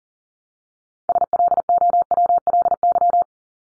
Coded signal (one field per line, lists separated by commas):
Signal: Morse code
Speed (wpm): 40 wpm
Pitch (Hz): 700 Hz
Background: none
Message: SLOWLY